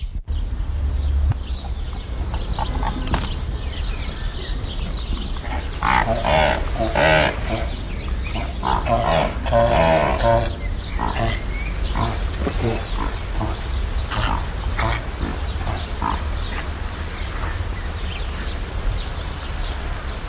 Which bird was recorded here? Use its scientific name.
Pelecanus onocrotalus